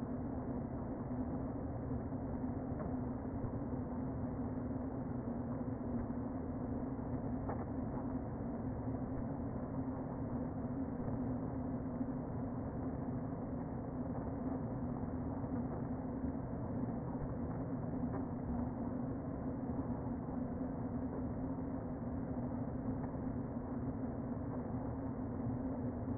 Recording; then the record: honeybee colony, microphone inside the hive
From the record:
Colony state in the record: queen present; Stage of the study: before two queens were removed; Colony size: about 60,000 bees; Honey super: yes